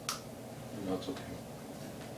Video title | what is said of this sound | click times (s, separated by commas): April 12th - FIRST SHOT :D | push it till it clicks you | 0.1 s